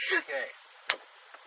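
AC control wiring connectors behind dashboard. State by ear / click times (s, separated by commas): seated / 0.9 s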